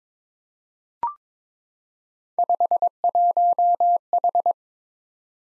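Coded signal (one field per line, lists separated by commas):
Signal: Morse code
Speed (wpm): 22 wpm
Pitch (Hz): 700 Hz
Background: none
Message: 51H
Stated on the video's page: Head-copy drill of random three-character letter-number groups at 22 wpm, each sent in Morse, spoken, then sent again.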